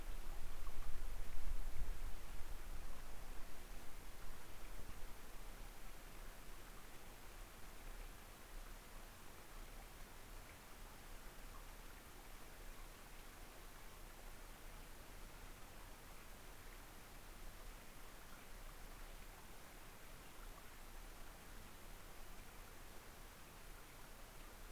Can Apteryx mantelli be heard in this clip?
no